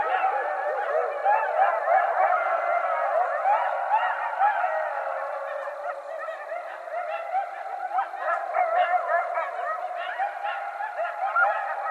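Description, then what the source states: Coyotes in a group chorus, wavering howls mixed with quick yipping notes, briefly softer in the middle before the yips pick up again. More than one coyote, recorded on 20 January 2012.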